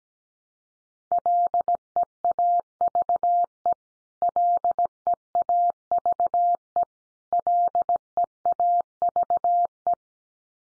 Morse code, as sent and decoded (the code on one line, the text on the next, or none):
.-.. . .- ...- . / .-.. . .- ...- . / .-.. . .- ...- .
LEAVE LEAVE LEAVE